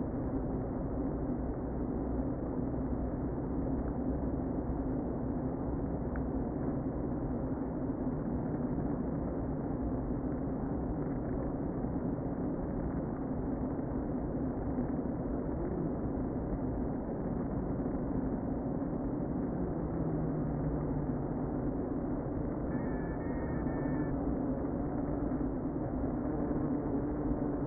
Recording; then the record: honeybee colony, microphone inside the hive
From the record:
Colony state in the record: queen present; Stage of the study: before two queens were removed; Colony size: about 60,000 bees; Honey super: yes